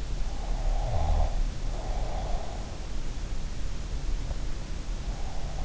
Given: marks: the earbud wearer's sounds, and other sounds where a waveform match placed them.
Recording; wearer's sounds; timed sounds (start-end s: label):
sounds in sleep by an in-ear microphone; snoring breath
0.40-2.60 s: snoring breath